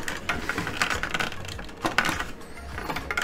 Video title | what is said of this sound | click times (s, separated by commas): la bugatti veyron 16 4 super sport de chez altaya n°100 & 101 | voilà il faut bien trouver le positionnement pour le clipser et voilà ça se clipse | 2.0 s